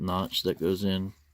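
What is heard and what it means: A plastic action figure's leg section is handled during transformation, being pressed toward the small notch in its body that it clips into. Someone talks throughout the 1.3 seconds. Nothing has seated or clicked yet.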